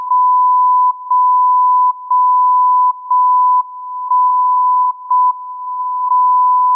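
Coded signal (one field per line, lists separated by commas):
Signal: radio time signal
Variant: JJY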